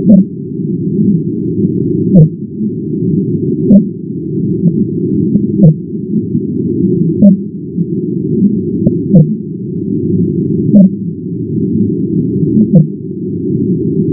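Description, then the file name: Fin whale calls, sped up: several brief pulsed notes at uneven intervals against a steady deep rumbling background. Calls, sped up ten times. "Fin whale 10 x"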